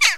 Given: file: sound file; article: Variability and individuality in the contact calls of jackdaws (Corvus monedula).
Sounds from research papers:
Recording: jackdaw call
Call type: harmonic

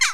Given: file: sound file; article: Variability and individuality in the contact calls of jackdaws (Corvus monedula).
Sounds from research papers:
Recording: jackdaw call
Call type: harmonic

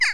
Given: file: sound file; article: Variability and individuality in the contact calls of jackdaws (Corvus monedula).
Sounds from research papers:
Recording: jackdaw call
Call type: harmonic

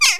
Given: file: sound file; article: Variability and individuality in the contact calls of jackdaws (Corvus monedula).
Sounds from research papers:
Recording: jackdaw call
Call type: harmonic

